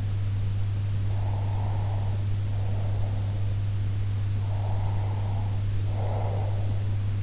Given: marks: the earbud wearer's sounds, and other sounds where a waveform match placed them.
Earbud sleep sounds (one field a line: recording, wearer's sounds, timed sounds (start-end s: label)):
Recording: sounds in sleep by an in-ear microphone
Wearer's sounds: breath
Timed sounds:
1.13-3.50 s: breath
4.30-6.76 s: breath